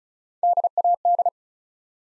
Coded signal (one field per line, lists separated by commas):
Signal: Morse code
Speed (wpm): 36 wpm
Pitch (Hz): 700 Hz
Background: none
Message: DAD